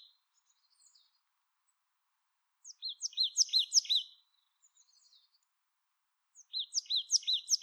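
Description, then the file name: Marsh tit song, two quick runs of bright repeated high notes, five or six each, after a few faint opening notes and a brief silence. "Poecile palustris"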